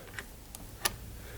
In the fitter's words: and just push it in until it clicks so now we've got power to the machine